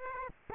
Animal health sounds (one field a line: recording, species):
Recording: mosquito wingbeat signal from an infrared sensor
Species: Aedes aegypti